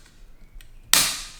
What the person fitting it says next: and it snaps in place, and now it's locked in, it's not going anywhere.